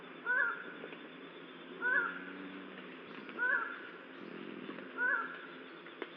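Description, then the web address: Highland tinamou giving short nasal hooted notes that rise then drop, repeated steadily about every one and a half seconds, four times, over a low steady hiss. "Highland tinamou. صدای-پرنده-وشم-کوهسار"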